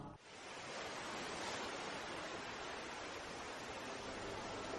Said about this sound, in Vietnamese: Đi dưới hai hàng cây còn đẫm hơi sương trong rì rào tiếng sóng biển vỗ vào rặng đá. Từng đám bọt trắng xóa, ôn choàng như lay gọi các khối đá mang hình thù độc đáo thức dậy đón chào ngày mới.